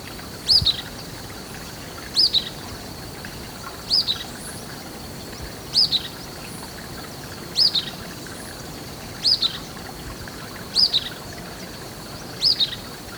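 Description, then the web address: Golden-crowned flycatcher repeating a short, high squeaky call about every 1.7 seconds, eight times, evenly spaced, against a steady high-pitched hum. Recorded in Ecuador. "Natures Songs S America Birds of Ecuador. Golden-Crowned Flycatcher"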